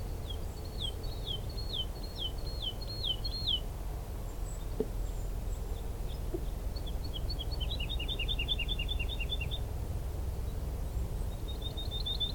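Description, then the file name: Woodlark song: fluting whistled phrases of looping, falling notes repeated in quick series, then a lower run of liquid notes and a high trill, over steady low rumble. Woodlark recorded 16 March 2023 on the lower path. "2 Alouettes-lulu 2023-03-16 sentier bas"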